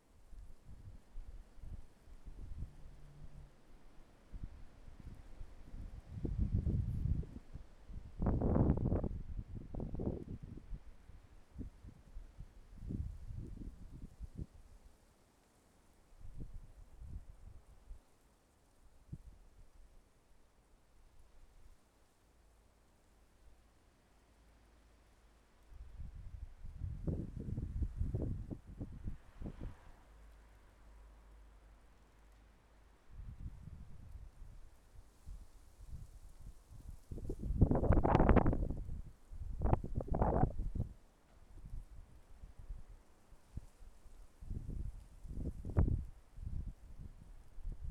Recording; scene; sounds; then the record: everyday scene through a hearing-aid microphone; wind on the microphone; wind, traffic, birds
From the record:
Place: suburban garden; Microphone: behind the ear, left, rear